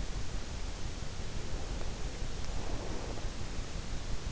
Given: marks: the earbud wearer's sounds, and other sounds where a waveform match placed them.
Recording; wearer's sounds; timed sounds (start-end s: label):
sounds in sleep by an in-ear microphone; breath
1.23-3.35 s: breath